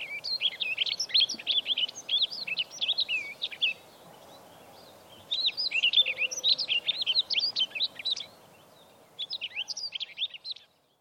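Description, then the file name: Rustic bunting singing a few quick, twittering warbled phrases separated by short pauses, over a quiet background hiss. Recorded at Ashoro on 8 April 2008. "kashiradaka ashoro hanada"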